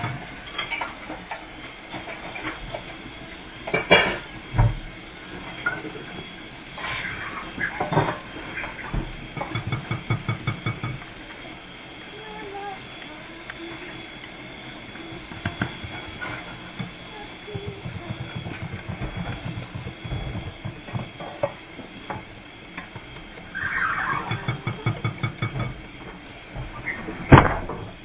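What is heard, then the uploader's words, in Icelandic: Kitchen sounds from a baking session: knocks and clinks of bowls and utensils, with sharp clatters near the start, midway and at the very end. Stretches of rapid, regular tapping or whirring recur throughout over a low hum, and everything sounds dull and muffled. Brot af bakstri.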